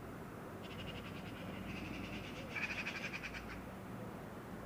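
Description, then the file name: Eurasian magpie giving a rapid, grating chatter that runs about three seconds, rattling notes louder near the end, with constant low-pitched background hum. "Pica pica"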